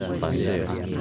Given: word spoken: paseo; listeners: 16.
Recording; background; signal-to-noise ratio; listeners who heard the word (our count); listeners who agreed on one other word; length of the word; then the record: one Spanish word in noise, from a listening test; eight-talker babble; -2.3 dB; 3 of 16; 8 of 16; 0.62 s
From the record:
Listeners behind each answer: 8, 4, 3, 1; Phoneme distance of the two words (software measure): 7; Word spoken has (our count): 3 syllables, 5 phonemes, stress on syllable 2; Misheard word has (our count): 3 syllables, 6 phonemes, stress on syllable 2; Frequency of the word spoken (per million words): 38.54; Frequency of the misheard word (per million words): 7.80